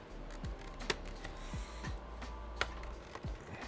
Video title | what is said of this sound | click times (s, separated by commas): Fixing an Asus G750JX, a Teardown Guide #245 | Slide along that edge. You can hear it popping | 0.9 s, 2.6 s